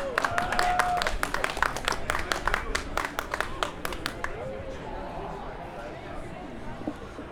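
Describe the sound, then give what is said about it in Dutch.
An audience applauds a speaker being introduced, with dense, irregular clapping for about four seconds, then the claps thin out and fade into a low murmur of voices. “Een applaus is echt op de plek.”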